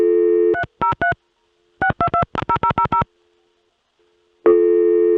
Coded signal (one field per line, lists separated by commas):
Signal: DTMF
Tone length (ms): 90 ms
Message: 303 6220000